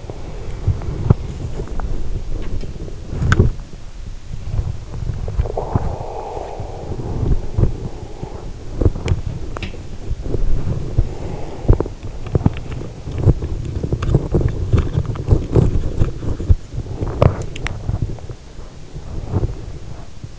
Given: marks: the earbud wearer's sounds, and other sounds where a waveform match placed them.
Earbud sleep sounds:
sounds in sleep by an in-ear microphone; body movement, teeth grinding, breath
0.00-20.39 s: body movement
2.22-3.82 s: teeth grinding
5.48-7.08 s: breath
8.67-9.92 s: teeth grinding
10.89-11.93 s: breath
12.42-18.04 s: teeth grinding

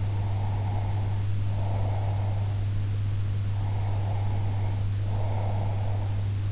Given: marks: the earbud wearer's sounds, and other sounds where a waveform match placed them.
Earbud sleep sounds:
sounds in sleep by an in-ear microphone; breath
0.03-2.68 s: breath
3.46-6.23 s: breath

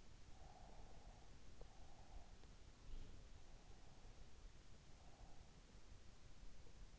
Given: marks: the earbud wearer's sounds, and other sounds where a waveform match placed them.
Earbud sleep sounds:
sounds in sleep by an in-ear microphone; breath
0.21-2.51 s: breath
4.72-5.61 s: breath

